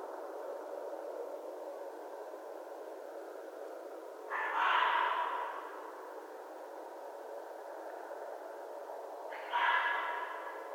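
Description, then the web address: Red fox with two harsh, hoarse calls about five seconds apart. Recorded on 11 January 2012. "Red Fox 2012 01 11 Red Fox long"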